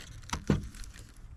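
A control knob is handled at the dash of a Honda Civic, about to be pushed back onto its control shaft after a Dasaita Android radio install. Two short, sharp knocks are heard at about 0.3 and 0.5 seconds, followed by quiet low-level rustle. Nothing has seated or clicked yet.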